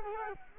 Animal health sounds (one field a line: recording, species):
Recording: mosquito wingbeat signal from an infrared sensor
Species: Culex quinquefasciatus